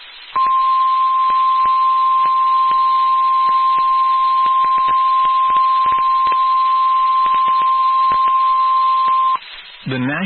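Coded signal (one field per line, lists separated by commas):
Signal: Emergency Alert System (SAME) tones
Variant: 1050 Hz attention tone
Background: speech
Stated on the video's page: Received on NOAA Weather Radio.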